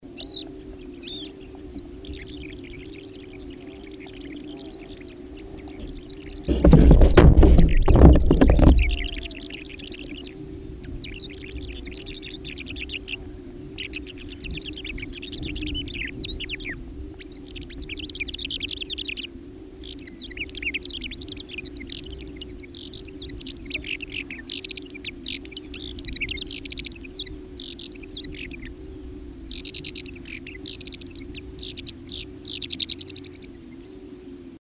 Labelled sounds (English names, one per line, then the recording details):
Mediterranean Short-toed Lark song
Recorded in the wild
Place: Cano Guadiamar, ES
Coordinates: 36.9242, -6.35889
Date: 1971-03-25
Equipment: Uher Report 4200, AKG D190C in Doppel-Parabolreflektor
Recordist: Krey, Winfried
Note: Gesang